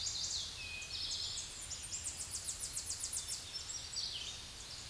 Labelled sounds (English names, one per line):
Eastern Towhee song